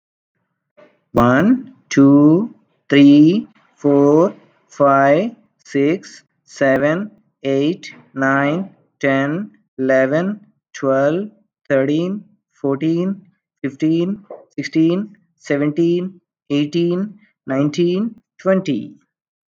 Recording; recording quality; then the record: counting at a normal pace; excellent, no background noise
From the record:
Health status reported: healthy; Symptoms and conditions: none ticked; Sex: male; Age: 36 years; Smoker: not ticked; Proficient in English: yes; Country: India